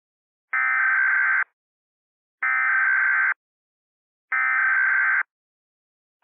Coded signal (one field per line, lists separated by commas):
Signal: Emergency Alert System (SAME) tones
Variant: header bursts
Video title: EAS Scenario #6 The Red Flash (Remastered) in collaboration with @HiatusUntilDecember1st